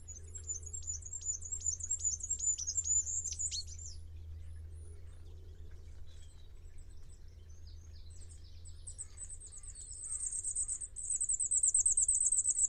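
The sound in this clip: Bird song with a long high chattering run of rapid notes, a pause, then a fast buzzy trill, all over low background rumble.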